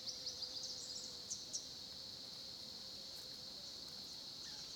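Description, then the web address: Cricket chorus as a continuous high shrill hum, with a low steady whistle-like tone and a few faint clicks. South African crickets at a small pond, Olifants, Kruger, South Africa, recorded at 10:30 am; background ambience. "Tonschliff - SOUTH AFRICAN CRICKETS BG South Africa Kruger Olifants 1030 am small pond"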